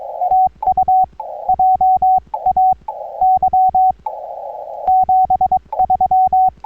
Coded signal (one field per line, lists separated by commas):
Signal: Morse code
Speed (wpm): 22 wpm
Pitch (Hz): 750 Hz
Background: none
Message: TU JAY 73